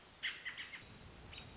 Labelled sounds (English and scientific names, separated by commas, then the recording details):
American Robin (Turdus migratorius)
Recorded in Sonoma County, California